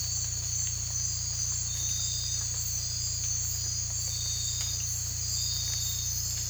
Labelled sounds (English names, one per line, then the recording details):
none
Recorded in dense forest near Puerto Asís, Putumayo, Colombia, on 18 December 2024 at 03:00
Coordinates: 0.467, -76.328
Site GP05